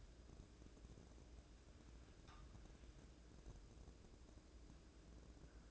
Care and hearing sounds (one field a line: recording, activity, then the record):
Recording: daily activity, microphone in the room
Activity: wipe stove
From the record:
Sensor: 2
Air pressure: 1012.2 hPa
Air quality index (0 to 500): 162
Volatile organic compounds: 2 ppm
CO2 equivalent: 1182 ppm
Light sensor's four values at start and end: 405/1077/406/440 and 407/1084/408/443